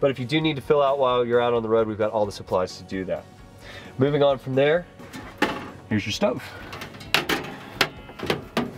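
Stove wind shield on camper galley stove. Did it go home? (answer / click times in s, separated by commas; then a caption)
yes / 7.1 s. Someone talks, then the metal wind shield on a camper galley stove is raised and locks into its upright position with a sharp click at 7.1 s. A few more short knocks follow as it settles.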